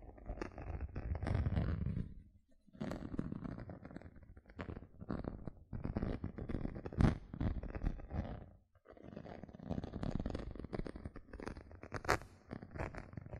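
Gentle scratching in dense, uneven bursts with soft low rumbling beneath, pausing near two and nine seconds, with sharper clicks around seven and twelve.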